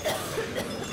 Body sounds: coughing mixed with background sound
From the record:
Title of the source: Coughing Woman Sound - Woman Cough Sound Effect

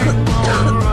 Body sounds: coughing mixed with background sound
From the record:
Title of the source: female coughing - coughing sound effects girl

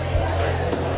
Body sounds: background sound without coughing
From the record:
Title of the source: CITY SOUNDS Busy Bar in the Evening Night - 2 HOURS of Ambiance for Relaxation

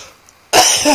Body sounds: coughing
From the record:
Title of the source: Dry Afternoon Cough

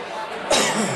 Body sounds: coughing mixed with background sound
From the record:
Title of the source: Mid-morning Winter Coughing Fit

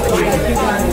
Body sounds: background sound without coughing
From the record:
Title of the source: Nightlife Party Simulating Party Club Noise 1 Hour

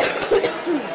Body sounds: coughing mixed with background sound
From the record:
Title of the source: 30 Chesty and wet cough

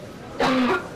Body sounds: coughing mixed with background sound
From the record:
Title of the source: Barking cough - # 10

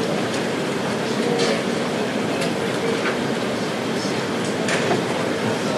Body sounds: background sound without coughing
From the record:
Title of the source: Office Sounds Ambience - Background Noise for Study and Work

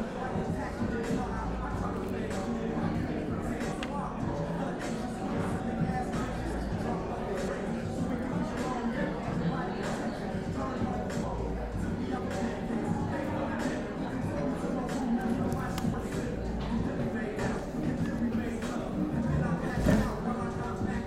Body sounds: background sound without coughing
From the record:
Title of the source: 60 minutes of coffee shop sounds for study and concentration

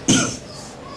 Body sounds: coughing mixed with background sound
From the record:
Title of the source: Spring Cold Coughing.

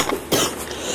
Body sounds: coughing mixed with background sound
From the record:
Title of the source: 34 coughing up crap again

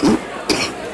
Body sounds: coughing mixed with background sound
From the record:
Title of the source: 31 night wet cough

